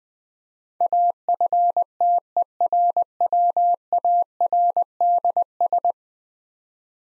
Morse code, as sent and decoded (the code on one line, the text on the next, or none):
.- ..-. - . .-. .-- .- .-. -.. ...
AFTERWARDS